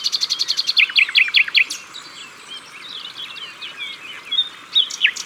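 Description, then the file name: Common nightingale singing a quick run of repeated notes that shift into slurred, down-swept whistles, then a pause filled with faint twittering and a closing flourish. At the water's edge. "Rossignol philomele Au bord de leau"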